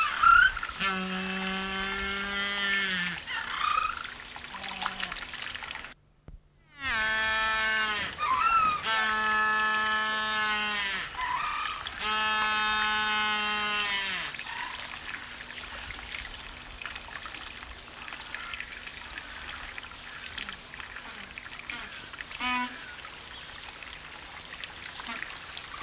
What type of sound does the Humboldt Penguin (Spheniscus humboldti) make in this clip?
call